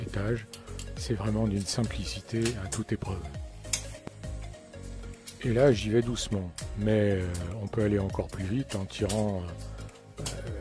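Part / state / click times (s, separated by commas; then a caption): ladder rung section lock in telescopic ladder rail / seated / 3.7 s. A telescopic aluminium ladder is slowly extended one section at a time, each rung stage locking into the ladder rail with a small click. The section locks with a sharp click at 3.7 s, followed by lighter metallic clinks. Someone talks throughout, over background music.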